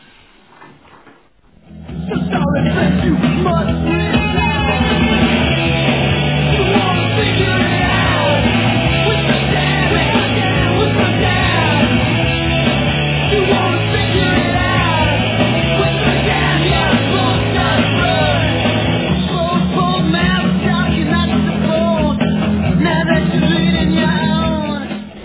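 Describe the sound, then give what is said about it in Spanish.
A loud, dense crowd of protesters shouts and chants continuously at a CNT union demonstration, voices merging into a sustained roar that rises abruptly after a brief quiet opening and holds steady throughout. “que bastante combatividad en las manis cenetistas de este año, y no es para menos tal y como estamos en estos tiempos.”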